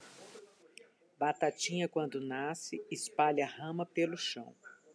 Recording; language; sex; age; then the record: short text; Brazilian Portuguese; female; 50 to 59 years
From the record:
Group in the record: control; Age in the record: 57 years